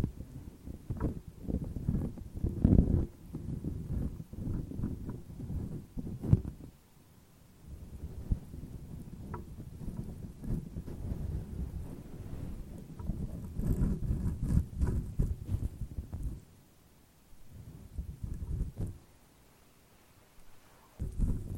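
A fuzzy wind muff rubbed and stroked against a microphone, making dense, low, rumbling scrapes and thumps. The rubbing is heaviest in the first six seconds and again from about 12 to 16 seconds, with quieter, gentler stretches between and a brief lull near 17 seconds.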